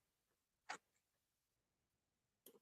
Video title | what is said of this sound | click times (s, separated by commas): 05 Chrysler 300 - 225k mile spark plug change (PART ELEVEN: FUEL INJECTORS!) | Clicks in place drop the connector | 2.5 s